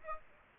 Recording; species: mosquito wingbeat signal from an infrared sensor; Aedes aegypti